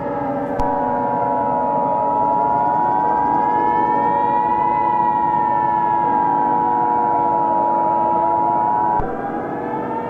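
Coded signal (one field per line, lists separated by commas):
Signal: Emergency Alert System (SAME) tones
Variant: 853 and 960 Hz attention tone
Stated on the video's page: Fictional EAS scenario, edited in Filmora X.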